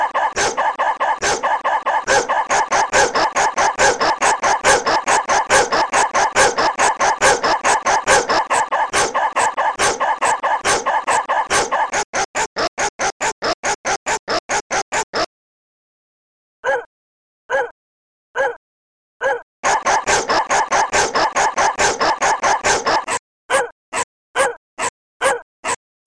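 Dogs bark in fast, tightly packed bursts, a near-continuous run of sharp, bright yelps for the first twelve seconds. The barking then thins to evenly spaced barks, stops briefly around fifteen seconds, returns in a few isolated barks, surges again, and ends in spaced single barks.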